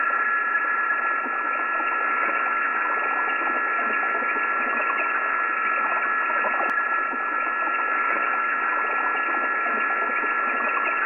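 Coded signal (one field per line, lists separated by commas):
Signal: PSK31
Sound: steady hiss with a few faint warbling narrow tones near 1.5 kHz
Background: radio static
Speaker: John says he'll look forward to the video and notes some technology he also uses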